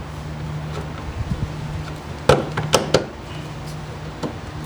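A plastic side vent with Boxster-style slats is handled at the body side intake opening of a Porsche 987 Cayman, with a steady low hum underneath. Short handling knocks and rattles come around 2.3, 2.7 and 3.0 seconds, with a faint tap near 4.2 seconds. Nothing has seated or clicked yet.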